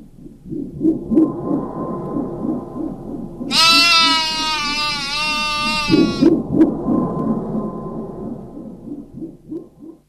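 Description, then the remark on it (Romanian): A goat lets out one long, loud, quavering bleat lasting a few seconds, with a steady low murmur of sound running beneath it before and after. “ea, cu meșteșugul ei, a transformat-o pe mașteriță într-o capră. Capra aceasta pe care o vezi aici.”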